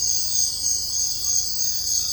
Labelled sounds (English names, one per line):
none